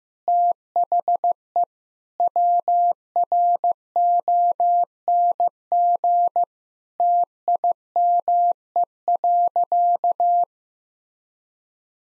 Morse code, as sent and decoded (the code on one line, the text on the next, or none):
- .... . / .-- .-. --- -. --. / - .. -- . .-.-.-
THE WRONG TIME.